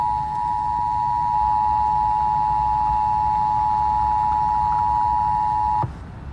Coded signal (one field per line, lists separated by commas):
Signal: Emergency Alert System (SAME) tones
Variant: 853 and 960 Hz attention tone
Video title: EAS Test 3-18-2022